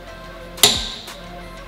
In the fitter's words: one click now i'm gonna back it off and you're gonna hear that second click but